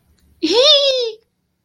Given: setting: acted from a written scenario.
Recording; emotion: vocal sound without words; triumph